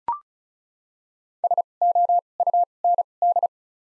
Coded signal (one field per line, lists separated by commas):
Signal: Morse code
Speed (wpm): 36 wpm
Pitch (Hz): 700 Hz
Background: none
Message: S O U N D